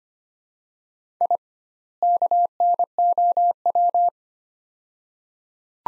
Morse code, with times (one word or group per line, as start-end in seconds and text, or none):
1.2-1.4 I
2.0-4.1 KNOW